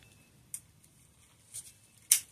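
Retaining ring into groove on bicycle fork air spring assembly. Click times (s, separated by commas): 2.1 s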